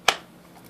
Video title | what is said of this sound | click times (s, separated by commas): NICKydex random thoughts | click here it is coming out going | 0.1 s